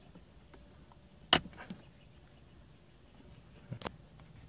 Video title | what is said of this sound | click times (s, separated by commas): Tutorial: Honda Accord Center Console Armrest Removal and Installation | Now, there you go. Now, that's locked into place. | 1.3 s